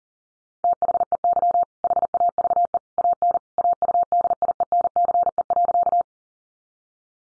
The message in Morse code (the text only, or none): THEY HAVE AN AUDIENCE.